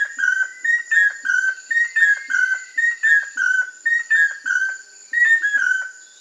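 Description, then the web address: Chestnut-headed crake giving fast, overlapping whistled notes in a busy chattering series, over a steady high insect drone. Amazon, Peru. "Birds of the Amazon. Chestnut-headed Crake (Anurolimnas castaneiceps), Peru"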